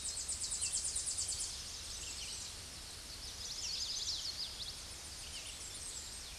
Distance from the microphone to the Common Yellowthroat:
about 25 m